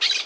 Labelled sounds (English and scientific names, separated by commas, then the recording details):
Brown-throated Parakeet (Eupsittula pertinax) contact call
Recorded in Margarita
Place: San Francisco, near stadium
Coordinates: 11.018, -64.294